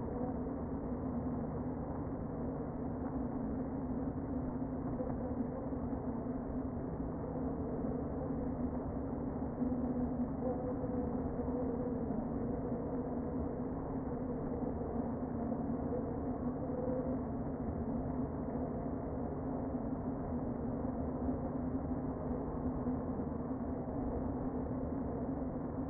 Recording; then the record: honeybee colony, microphone inside the hive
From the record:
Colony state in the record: queen present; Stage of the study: before two queens were removed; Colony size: about 60,000 bees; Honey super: yes